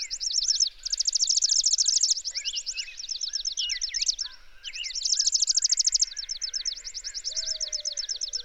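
Bird singing fast rattling high trills in long bursts, with sliding whistled notes mixed in and a faint low whistle near the end.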